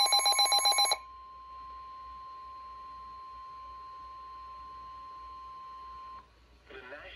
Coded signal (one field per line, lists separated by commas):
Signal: Emergency Alert System (SAME) tones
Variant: 1050 Hz attention tone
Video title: Tornado Warning On NOAA Weather Radio